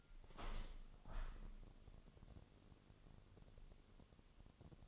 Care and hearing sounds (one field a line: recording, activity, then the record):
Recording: daily activity, microphone in the room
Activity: open window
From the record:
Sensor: 4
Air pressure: 1001.2 hPa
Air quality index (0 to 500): 176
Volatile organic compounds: 2 ppm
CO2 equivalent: 1260 ppm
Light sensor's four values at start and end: 12/28/11/12 and 12/28/11/12